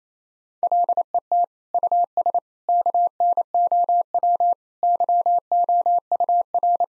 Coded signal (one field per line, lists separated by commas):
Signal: Morse code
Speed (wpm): 28 wpm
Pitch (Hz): 700 Hz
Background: none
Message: LET US KNOW YOUR